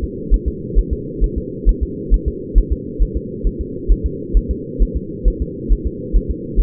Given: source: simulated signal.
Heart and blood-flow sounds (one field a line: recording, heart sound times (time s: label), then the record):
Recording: fetal heart sounds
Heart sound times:
0.04 s: S2
0.34 s: S1
0.48 s: S2
0.79 s: S1
0.93 s: S2
1.24 s: S1
1.38 s: S2
1.69 s: S1
1.83 s: S2
2.14 s: S1
2.28 s: S2
2.58 s: S1
2.72 s: S2
3.02 s: S1
3.17 s: S2
3.47 s: S1
3.61 s: S2
3.92 s: S1
4.06 s: S2
4.37 s: S1
4.51 s: S2
4.82 s: S1
4.97 s: S2
5.28 s: S1
5.42 s: S2
5.72 s: S1
5.87 s: S2
6.16 s: S1
6.31 s: S2
6.60 s: S1
From the record:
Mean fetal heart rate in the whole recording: 135 bpm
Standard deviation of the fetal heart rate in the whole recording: 3 bpm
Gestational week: 36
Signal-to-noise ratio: -4.1 dB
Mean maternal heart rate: no maternal heart sound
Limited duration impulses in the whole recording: absent